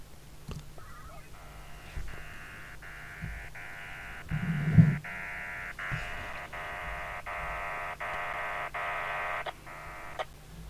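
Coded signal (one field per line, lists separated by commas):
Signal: HF data modem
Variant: VARA FM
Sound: steady wide rushing data hiss lasting about nine seconds, broken by short regular dropouts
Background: handling thumps, low hum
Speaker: RMS server, and let's click on this plug icon here.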